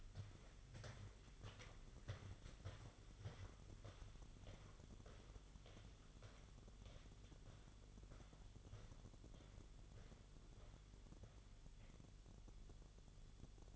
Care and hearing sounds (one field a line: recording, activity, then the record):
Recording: daily activity, microphone in the room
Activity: walk to room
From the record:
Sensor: 4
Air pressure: 1009.0 hPa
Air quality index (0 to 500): 137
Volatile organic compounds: 2 ppm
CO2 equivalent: 997 ppm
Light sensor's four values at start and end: 13/29/11/11 and 15/35/14/13